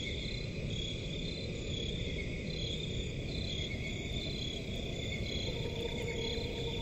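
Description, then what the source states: Crickets trilling steadily at several high pitches in a dense chorus, with a faint low tone entering toward the end, over constant low background noise. Crickets in a forest at night.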